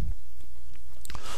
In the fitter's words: and pull that down into it and it should click right into place